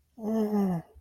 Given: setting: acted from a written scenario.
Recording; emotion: vocal sound without words; sympathy